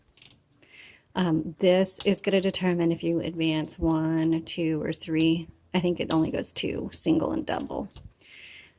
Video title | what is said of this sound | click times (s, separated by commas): 1936 Royal Model O - Typewriter Demo | just make sure you reengage that so you can hear the click | 0.2 s